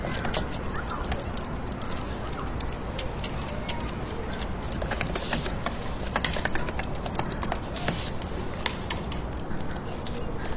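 Fingertip typing on a computer keyboard, heard as many quick, light clicks in irregular bursts across the whole clip, a few sharper taps around the middle and near the eighth second. Underneath runs a steady, dense urban hiss that never changes level.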